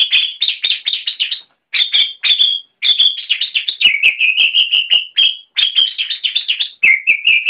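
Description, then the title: Oriental magpie-robin song: fast, high scratchy chatter in bursts, broken by brief gaps, with sweeter sustained whistled notes later. "Kicau Kacer"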